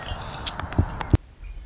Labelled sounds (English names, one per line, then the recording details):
Red-winged Blackbird
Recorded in Sonoma County, California